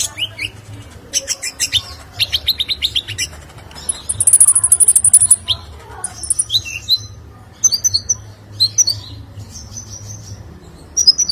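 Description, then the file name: Sunbird song: busy high chirping, a long buzzy trill and repeated thin whistled notes. "Kolibri Lebah"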